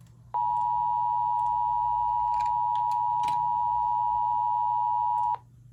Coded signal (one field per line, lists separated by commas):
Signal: Emergency Alert System (SAME) tones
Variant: 853 and 960 Hz attention tone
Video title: EAS 627: Relaying an SVR FOR BLOWING DUST